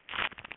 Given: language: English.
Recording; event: throat vibration sensor signal played as sound; swallow